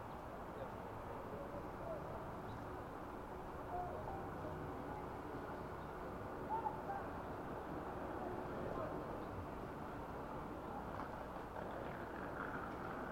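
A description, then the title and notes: Biking from Harlem to the Bronx: a steady low rumble of traffic and wind, with a faint brief squeak near seven seconds. A stereo recording of biking from Harlem to the Bronx. The audio’s a bit muted because the mic is in my backpack.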